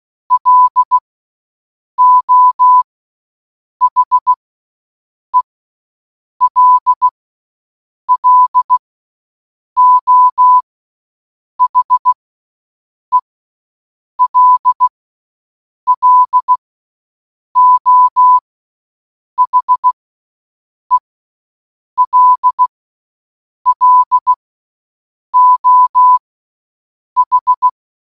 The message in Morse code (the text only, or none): LO HELLO HELLO HELLO H